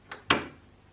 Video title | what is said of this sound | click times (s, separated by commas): Curso De Costura Para Principiantes #8 - Partes De la Máquina de Coser Y Su Funcionamiento | escuchamos clics significa que ya estaría puesto y listo | 0.3 s